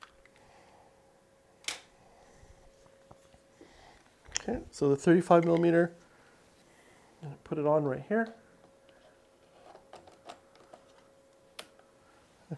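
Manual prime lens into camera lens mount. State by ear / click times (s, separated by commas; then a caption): seated / 11.6 s. A 35 mm manual prime lens is placed on a cinema camera's lens mount and turned until it locks. Someone talks at first, then small handling ticks lead to a sharp click at 11.6 seconds as the lens seats on the mount.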